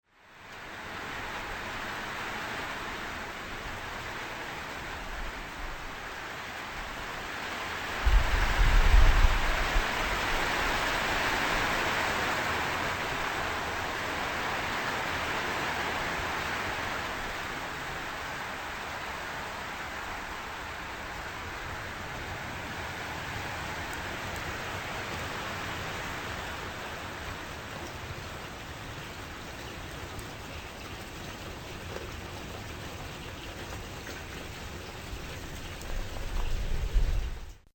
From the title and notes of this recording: It is rain.